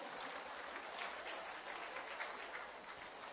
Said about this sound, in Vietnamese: A Di Đà Phật, đây là tất cả quý vị cao niên từ 75 tuổi trở lên. Xin quý vị cho một tràng pháo tay để chúc phúc.